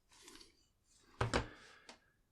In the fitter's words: until it clicks and you're gonna notice that the click now turn into a little